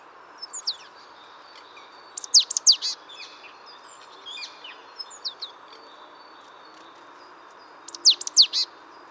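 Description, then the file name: Great tit calls: a few soft chips, then bursts of sharp high notes around two and eight seconds, with faint ticks between. "Parus major"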